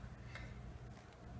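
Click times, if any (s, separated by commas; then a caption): none. A metal snap ring is handled with straight-tip snap ring pliers at the groove of a Porsche 944 water pump or thermostat housing on the bench, with a steady low hum and one brief sharp tick around 0.4 s. Nothing has seated or clicked into the groove yet.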